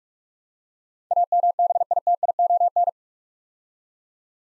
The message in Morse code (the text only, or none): AMBITION